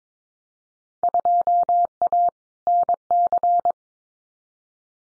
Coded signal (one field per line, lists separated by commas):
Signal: Morse code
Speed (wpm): 22 wpm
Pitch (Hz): 700 Hz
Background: none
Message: 2A NC